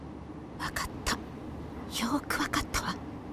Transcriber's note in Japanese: 小声で鋭く